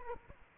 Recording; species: mosquito wingbeat signal from an infrared sensor; Aedes aegypti